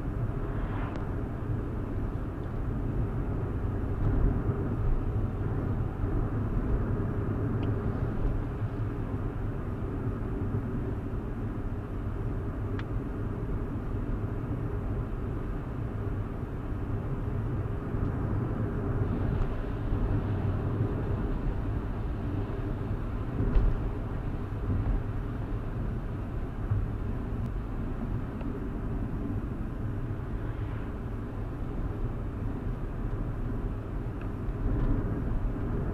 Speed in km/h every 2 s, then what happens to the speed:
71, 72, 74, 74, 76, 71, 71, 72, 74, 74, 74, 74, 72, 71, 64, 66, 68, 69.
0-23 steady at about 74. 23-28 slows to 64. 28-36 steady at about 66.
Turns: none.